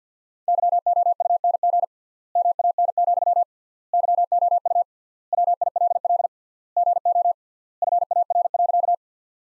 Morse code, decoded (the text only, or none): YOUNG MAN, YOU WILL GO FAR.